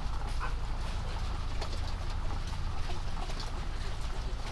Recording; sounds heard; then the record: poultry house recording; sick chickens (respiratory disease)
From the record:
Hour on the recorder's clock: 21